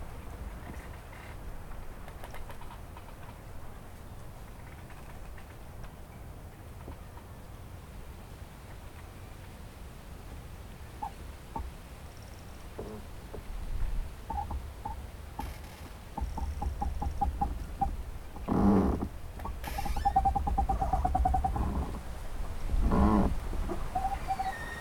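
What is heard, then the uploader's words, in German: Trees creak in the wind, a steady low rush that swells after midway, with short squeaky creaks growing frequent and two sharp cracks near the end. Knarrende Bäume im Wind.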